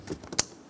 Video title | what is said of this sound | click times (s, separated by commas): How to Replace Fuel Pipe 2014-2018 Chevrolet Silverado 1500 5.3L V8 | push into you hear a click | 0.4 s